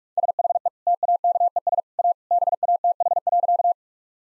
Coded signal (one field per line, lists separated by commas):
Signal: Morse code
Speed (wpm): 42 wpm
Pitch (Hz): 700 Hz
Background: none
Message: SHE TAKES A BATH.